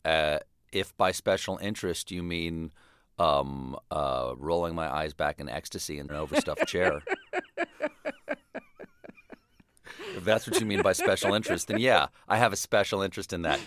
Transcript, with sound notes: If by special interest, you mean rolling my eyes back in ecstasy in an overstuffed chair...
(LAUGHTER)
If that's what you mean by special interest, then yeah. I have a special interest in that.